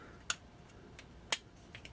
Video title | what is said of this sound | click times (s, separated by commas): Fire Phoenix Full Length Mod Guide | get it all lined up snaps into place and then it has three Phillips screws I actually left them in | 0.3 s, 1.3 s